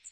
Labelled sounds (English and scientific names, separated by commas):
Magnolia Warbler (Setophaga magnolia) flight call